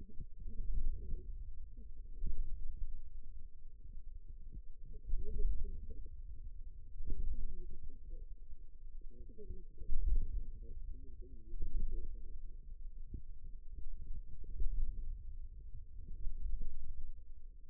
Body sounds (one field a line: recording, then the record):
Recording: forearm muscle sounds (acoustic myography)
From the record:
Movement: wrist extension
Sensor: system 2, bracelet of six BSWA MPA416 microphones around the upper forearm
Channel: 3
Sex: female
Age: 21 years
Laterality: right